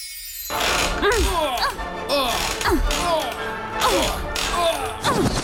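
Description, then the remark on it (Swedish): A creaking rocking chair creaks in a steady rhythm of short, rising and falling squeaks, mixed with sharp thwacks of tennis shots from recordings of a tennis match, all moderately loud and continuous over several seconds. “Du har just hört ljud från en knarrande gungstol, ljudupptagningar från en tennismatch, till tonerna av en stämningsfull klassiker.”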